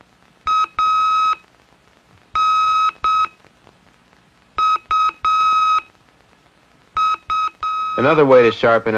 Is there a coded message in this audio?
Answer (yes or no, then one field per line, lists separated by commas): yes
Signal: Morse code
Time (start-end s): 0.5-8.5 s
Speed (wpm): 7 wpm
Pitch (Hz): 1270 Hz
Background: none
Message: A N U F